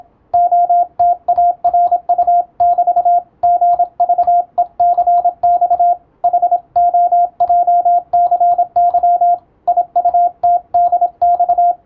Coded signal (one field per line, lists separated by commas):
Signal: Morse code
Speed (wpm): 27 wpm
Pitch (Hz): 700 Hz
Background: radio noise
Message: OTARU<BT> GVECX HOJCY IUTDX